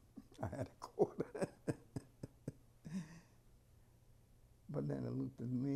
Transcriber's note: laughs